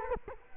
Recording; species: mosquito wingbeat signal from an infrared sensor; Culex quinquefasciatus